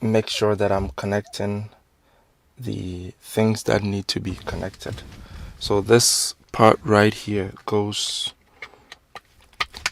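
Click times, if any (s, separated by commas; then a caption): 9.6 s. A wiring harness connector is pushed into the socket on the back of an aftermarket universal car radio for Volkswagen, Skoda and Seat, with buttons. Someone talks, then several short clicks are heard near the end, and the plug clicks into place at 9.6 s, seating the connector.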